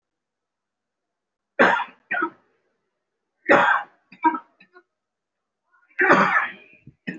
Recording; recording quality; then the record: shallow voluntary cough; excellent, no background noise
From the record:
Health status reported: recovered from COVID-19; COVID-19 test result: positive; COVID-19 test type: RT-PCR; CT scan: taken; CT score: 5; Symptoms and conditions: cough, cold, breathing difficulty, chronic lung disease, pneumonia, ischaemic heart disease, another condition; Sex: male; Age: 57 years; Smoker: no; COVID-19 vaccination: both doses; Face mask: worn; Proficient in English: no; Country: India